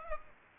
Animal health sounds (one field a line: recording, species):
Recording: mosquito wingbeat signal from an infrared sensor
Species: Aedes aegypti